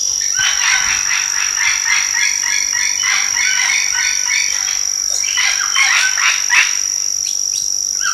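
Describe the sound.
Bird calls forming a dense, busy chatter of rapid harsh notes over a steady high electronic whine.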